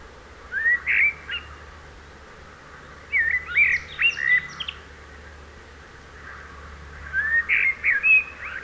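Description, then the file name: Common blackbird singing three short fluty, warbled phrases a few seconds apart, the middle one with thin, high notes. "Turdus merula"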